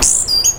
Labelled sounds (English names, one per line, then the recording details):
Stitchbird song
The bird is a male
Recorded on Tiritiri Matangi Island, New Zealand, in 2005
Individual 12, of nest box 16